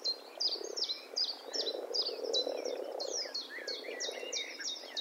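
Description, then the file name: Common blackbird calling with quick, thin, downslurred high notes in a rapid series, over low background rumble. "Turdus merula"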